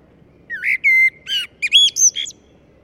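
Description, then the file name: Common blackbird song: several rich, fluty whistled notes, rising to thinner, higher notes near the end. "Turdus merula"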